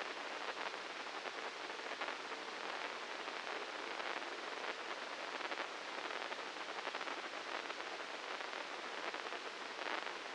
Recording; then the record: brain microelectrode recording played as sound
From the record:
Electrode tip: inside the subthalamic nucleus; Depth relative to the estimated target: -2 mm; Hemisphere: left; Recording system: NeuroSet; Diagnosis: Parkinson's disease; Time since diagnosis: 9 years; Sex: male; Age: 56 years